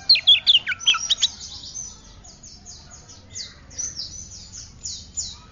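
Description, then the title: Oriental magpie-robin opening with a quick burst of sharp whistled notes, followed by a series of softer repeated high scratchy phrases. "Kacer"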